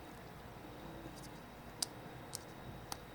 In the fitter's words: Oh, it didn't snap. Oh, they don't have it in all the way.